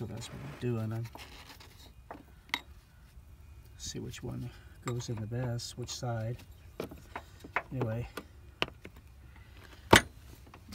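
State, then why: Seated. A replacement oil filter element is pushed onto the top of the plastic oil filter housing cap of a 2009 Cadillac SRX while someone talks, with light handling clicks and rubbing. It snaps on at 8.6 s and is seated, so it isn't left loose. A louder sharp knock follows near 10.0 s.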